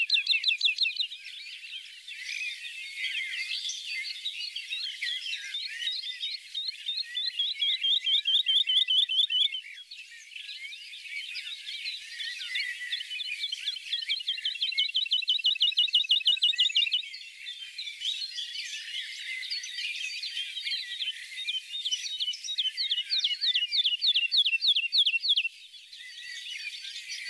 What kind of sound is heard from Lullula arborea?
song